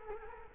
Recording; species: mosquito wingbeat signal from an infrared sensor; Culex quinquefasciatus